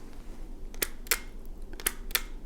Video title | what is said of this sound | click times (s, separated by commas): Active Accessories Bundle REVIEWED! Overall Awesomeness But...Shorty Gun Issue & DIY Fix | you can hear that click some people really like that I think and some people might not | 0.8 s, 1.1 s, 1.9 s, 2.2 s